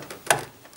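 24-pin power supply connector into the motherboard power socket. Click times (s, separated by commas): 0.3 s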